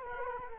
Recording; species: mosquito wingbeat signal from an infrared sensor; Culex quinquefasciatus